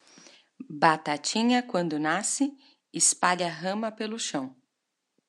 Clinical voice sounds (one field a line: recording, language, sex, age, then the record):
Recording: short text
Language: Brazilian Portuguese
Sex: female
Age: 30 to 39 years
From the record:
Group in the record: control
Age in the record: 35 years